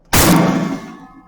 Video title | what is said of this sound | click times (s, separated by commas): Blaze Grills - How to remove the drip pan baffles, for cleaning. | other side snaps back in on those pegs | 0.1 s